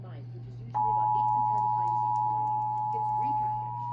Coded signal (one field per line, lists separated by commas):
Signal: Emergency Alert System (SAME) tones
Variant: 853 and 960 Hz attention tone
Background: speech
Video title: Eas Cae on KLVI 560am, Kyaz 51.1, KUHF 88.7fm and KUHT 8.3 Eas#1412-1415